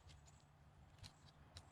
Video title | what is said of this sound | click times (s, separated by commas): Trace Quick Start Video | till it clicks into that locked position on all four arms | 1.1 s, 1.6 s